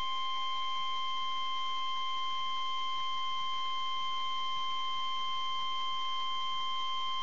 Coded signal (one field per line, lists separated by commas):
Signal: Emergency Alert System (SAME) tones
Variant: 1050 Hz attention tone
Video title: Severe Thunderstorm Warning - 06/08/11 (EAS #99)